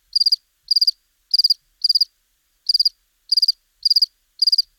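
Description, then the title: House cricket giving bright, pulsed chirps, each a rapid burst of several pulses, spaced about half a second apart with one slightly longer pause midway. Recorded at Buoux, Vaucluse, in May 2001. "Sylvain Jaskowiak - Animus. Grillon domestique - Buoux, Vaucluse - mai 2001"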